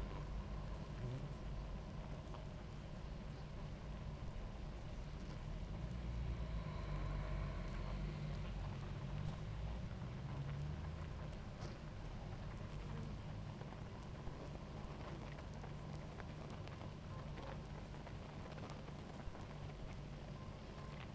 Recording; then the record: honeybee colony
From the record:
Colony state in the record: active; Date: 28 July 2017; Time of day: 18:14